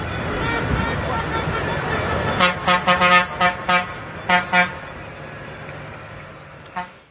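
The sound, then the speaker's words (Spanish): At the Juntos por el Campo demonstration of farmers, ranchers and hunters in Madrid, repeated horn toots, about eight short honks in an irregular burst, sound over a steady low engine rumble of tractors, with a crowd murmuring. “Tractores, pitidos, muchas pancartas, miles de cientos de personas, pero una manifestación pacífica, respetuosa además con el mobiliario urbano.”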